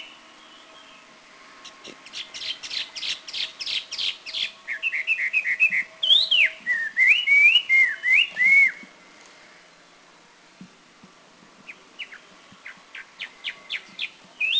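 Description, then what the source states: Taiwan hwamei song: a rapid series of repeated sharp notes, then loud rich whistled phrases sliding up and down, a pause, and a fresh burst of quick notes. Recorded near Huisun, Taiwan, in April 2010.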